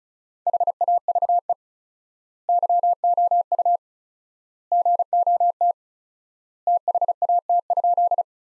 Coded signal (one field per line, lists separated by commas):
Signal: Morse code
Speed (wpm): 34 wpm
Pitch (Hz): 700 Hz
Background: none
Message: HAVE YOU GOT THAT?